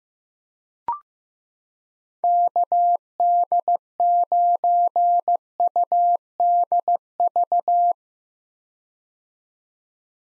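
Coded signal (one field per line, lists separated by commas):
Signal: Morse code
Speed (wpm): 15 wpm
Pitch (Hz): 700 Hz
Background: none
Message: KD9UDV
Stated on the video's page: Head-copy drill of common Parks on the Air activator callsigns at 15 WPM; each callsign is sent in Morse, spoken, then sent again.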